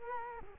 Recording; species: mosquito wingbeat signal from an infrared sensor; Culex quinquefasciatus